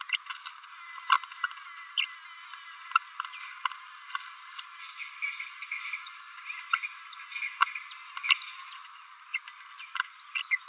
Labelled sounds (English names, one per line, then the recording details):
Green-rumped Parrotlet babbling
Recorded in a nest box in Venezuela
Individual 18B17A4